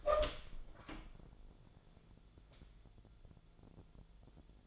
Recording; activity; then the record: daily activity, microphone in the room; open door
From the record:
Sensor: 5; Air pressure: 1000.5 hPa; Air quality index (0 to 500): 152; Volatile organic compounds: 2 ppm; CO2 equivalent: 1170 ppm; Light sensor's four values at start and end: 48/112/46/50 and 47/111/46/49